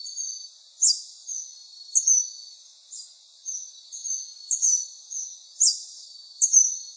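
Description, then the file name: Scaled hermit giving thin, very high chirps and sharp downward-swept notes in a quick, uneven series. Recorded in Misiones, along the sanctuary road. "Ermitano escamado Misiones Camino del santuario"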